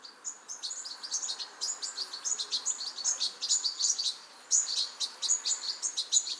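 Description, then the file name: European goldfinch singing a continuous stream of bright, liquid twitters and rapid chirping notes, high and lively throughout. "Carduelis carduelis"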